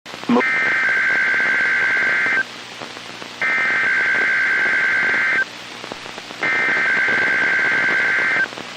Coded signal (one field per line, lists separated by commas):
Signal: Emergency Alert System (SAME) tones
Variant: header bursts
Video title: 4-25-18 NWR Required Weekly Tests (EAS #47 - #48)